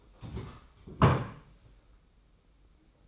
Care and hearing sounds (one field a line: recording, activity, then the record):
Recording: daily activity, microphone in the room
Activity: stand up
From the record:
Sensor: 1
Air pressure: 991.7 hPa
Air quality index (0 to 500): 162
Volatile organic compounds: 1000 ppm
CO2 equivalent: 6080 ppm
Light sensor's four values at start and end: 31/104/40/41 and 30/102/39/40